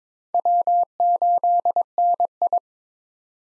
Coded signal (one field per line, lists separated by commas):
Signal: Morse code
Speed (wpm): 22 wpm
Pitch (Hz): 700 Hz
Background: none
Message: W8NI